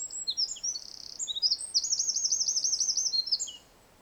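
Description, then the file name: Eurasian wren song: a rapid, high-pitched run of sharp notes leading into a fast rattling trill, ending in quiet after about three and a half seconds. "Troglodytes troglodytes"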